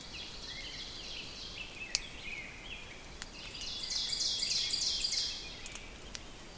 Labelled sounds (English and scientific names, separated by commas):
Ovenbird (Seiurus aurocapilla) song